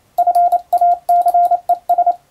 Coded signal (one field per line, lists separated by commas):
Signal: Morse code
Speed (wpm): 28 wpm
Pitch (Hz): 700 Hz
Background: radio noise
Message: FACES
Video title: モールス符号を送る無線通信士という仕事がありました。国家試験でモールスの実技試験を受けて免許を取得します。今では昭和遺産でしょうか。当時はアマチュア無線も大流行しましたね。思い出して聴いてみましょう